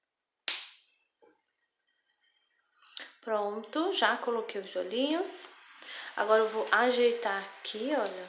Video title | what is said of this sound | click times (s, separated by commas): Coelhinho da pascoa amigurumi passo a passo - Coelho Bernardo (Parte 2) | coloco do mesmo jeito gente olha vou apertar até encaixar Pronto já coloquei os olhinhos | 0.5 s